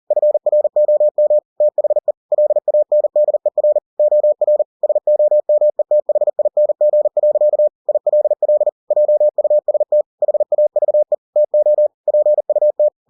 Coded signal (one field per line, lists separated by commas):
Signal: Morse code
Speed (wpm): 40 wpm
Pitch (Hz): 600 Hz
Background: none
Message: FROM THE LANDER OR SOMETHING. ILL JUST HAVE TO PUT